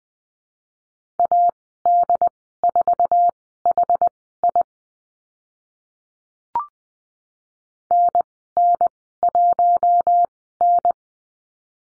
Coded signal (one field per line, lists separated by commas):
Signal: Morse code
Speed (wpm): 20 wpm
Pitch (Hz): 700 Hz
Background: none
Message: AD4HI NN1N